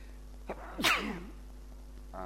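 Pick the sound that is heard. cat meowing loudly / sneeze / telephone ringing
sneeze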